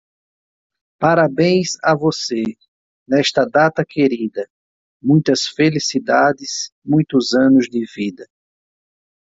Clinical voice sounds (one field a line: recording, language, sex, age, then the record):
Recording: short text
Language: Brazilian Portuguese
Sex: male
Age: 40 to 49 years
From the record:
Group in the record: control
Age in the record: 47 years